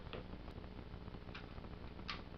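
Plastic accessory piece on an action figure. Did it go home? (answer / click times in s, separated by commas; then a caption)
no / none. A plastic accessory piece is pressed onto a plastic action figure during an unboxing, with a few faint light taps and scrapes around 0.1, 1.4 and 2.1 seconds over a steady low background hum. The piece has not snapped into position yet and stays loose.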